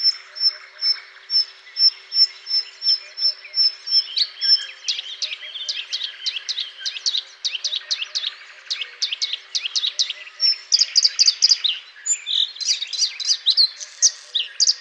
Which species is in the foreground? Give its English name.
Bluethroat